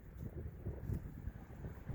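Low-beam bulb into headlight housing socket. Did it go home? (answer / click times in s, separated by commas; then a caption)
no / none. An aftermarket low-beam bulb is twisted and locked into the headlight housing socket of a 2018 Nissan Altima SR, ending up pointing down toward 6 o'clock. Only a low, rumbling, wind-like background noise is heard, with no sharp sounds, and the bulb does not click. Aftermarket parts may not click, and the fit is later confirmed to be fine.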